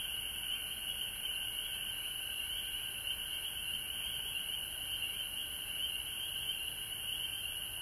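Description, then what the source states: Frogs calling in a dense, continuous chorus, a steady high trilling band with fainter lower droning tones underneath and a soft background hiss. Frogs recorded at home in Georgia on March 19, 2020.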